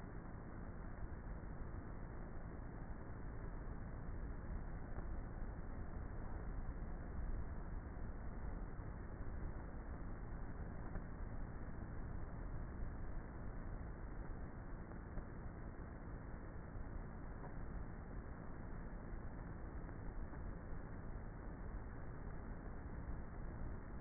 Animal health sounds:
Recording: honeybee colony, microphone inside the hive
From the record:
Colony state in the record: queenless with a low population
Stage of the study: before two queens were removed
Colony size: about 30,000 bees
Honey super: no

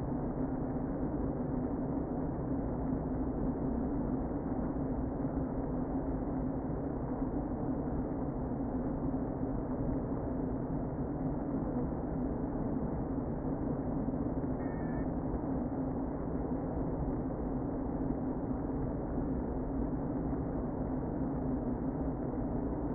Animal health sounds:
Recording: honeybee colony, microphone inside the hive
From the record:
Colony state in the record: queen present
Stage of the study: before two queens were removed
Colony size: about 60,000 bees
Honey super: yes

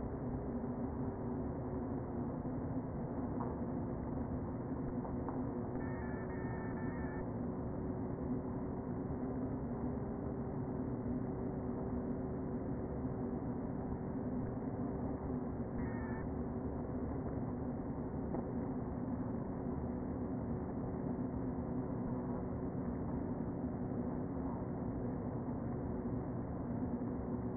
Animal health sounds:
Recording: honeybee colony, microphone inside the hive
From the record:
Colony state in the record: queen present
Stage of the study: before two queens were removed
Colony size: about 60,000 bees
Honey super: yes

